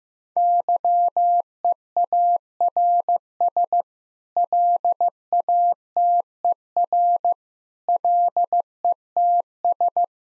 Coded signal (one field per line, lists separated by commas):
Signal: Morse code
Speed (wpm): 16 wpm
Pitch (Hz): 700 Hz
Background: none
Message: YEARS LATER LETS